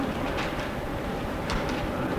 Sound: papers rustling

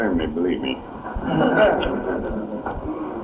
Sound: laughter

